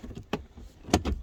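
A rear seat backrest in a car is pushed back through its recline ratchet, and the latch in the seat frame clicks into successive detent positions. Sharp clicks land at 0.3 s and 0.9 s over low background rumble. Each click seats the latch in a detent.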